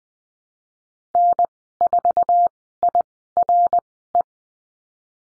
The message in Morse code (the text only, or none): N4IRE